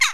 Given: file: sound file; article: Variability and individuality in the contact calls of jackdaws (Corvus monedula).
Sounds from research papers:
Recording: jackdaw call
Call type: harmonic

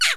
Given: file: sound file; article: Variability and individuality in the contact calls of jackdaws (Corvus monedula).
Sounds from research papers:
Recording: jackdaw call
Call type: noisy

